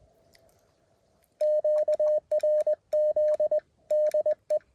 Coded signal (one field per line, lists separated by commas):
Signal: Morse code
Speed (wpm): 20 wpm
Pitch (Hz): 590 Hz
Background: none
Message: QRZ DE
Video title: Morse Code POTA activation at Elk Mountain 11/6/2024